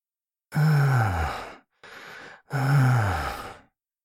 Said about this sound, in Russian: Подле маминой комнаты ночная тьма казалась гуще. И я услышал ее дыхание.